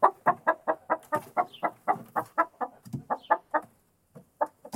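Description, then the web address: Chicken clucking, a rapid even series of clucks, then a few spaced ones, with faint high chirps. Hen in a henhouse. "monde des sons poule dans le poulailler"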